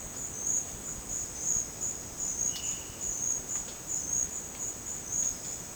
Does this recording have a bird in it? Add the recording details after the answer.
no. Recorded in dense forest near Puerto Asís, Putumayo, Colombia, on 12 March 2025 at 12:00. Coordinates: 0.486, -76.317. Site G053